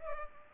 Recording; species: mosquito wingbeat signal from an infrared sensor; Culex pipiens